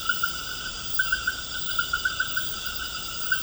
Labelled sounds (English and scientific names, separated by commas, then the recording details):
none
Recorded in pastures near Puerto Asís, Putumayo, Colombia, on 19 March 2025 at 21:30
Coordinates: 0.472, -76.329
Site G074